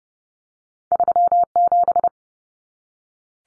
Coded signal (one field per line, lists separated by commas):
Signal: Morse code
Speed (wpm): 30 wpm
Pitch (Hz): 700 Hz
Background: none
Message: 37